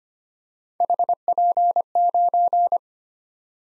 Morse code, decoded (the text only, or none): HP9